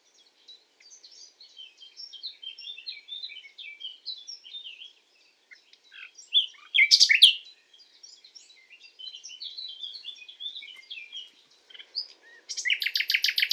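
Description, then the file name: Common nightingale singing in varied bursts: soft scattered twittering, one loud sharp phrase midway, then a rapid pulsing trill at the end. "Luscinia megarhynchos"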